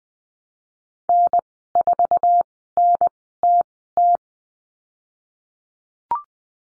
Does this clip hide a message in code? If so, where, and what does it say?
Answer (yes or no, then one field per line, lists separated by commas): yes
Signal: Morse code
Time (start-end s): 1.1-4.2 s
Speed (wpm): 19 wpm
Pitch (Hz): 700 Hz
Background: none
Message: N4NTT